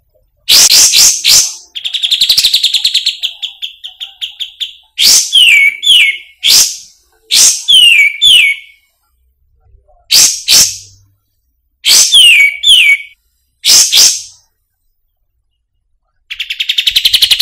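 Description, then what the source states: Grey-cheeked bulbul song: harsh chip bursts and a buzzy trill, then repeated phrases of sharp notes with falling whistles, ending in another rattling trill. Masteran, used for training songbirds.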